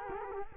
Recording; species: mosquito wingbeat signal from an infrared sensor; Culex quinquefasciatus